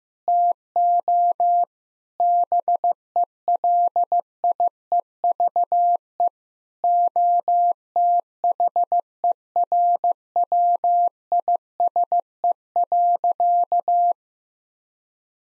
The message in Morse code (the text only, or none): TO BELIEVE OTHERWISE.